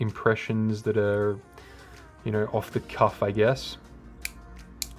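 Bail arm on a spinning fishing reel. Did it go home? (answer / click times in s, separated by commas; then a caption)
yes / 4.2 s, 4.8 s. Someone talks, then the bail arm of a spinning fishing reel is flipped over by hand and snaps into its open and closed positions with two sharp clicks at 4.3 s and 4.8 s. The bail arm seats with a very positive click.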